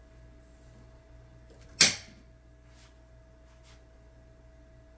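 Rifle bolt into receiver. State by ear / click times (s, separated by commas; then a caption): seated / 1.8 s. A Rexus Ultrabolt 6mm ARC MK 136 Type 2 bolt is cycled on a bolt-action rifle and closed into the receiver. It locks home at 1.8 seconds with a single sharp, solid click that rings briefly over a quiet, steady hum, showing the bolt is locked.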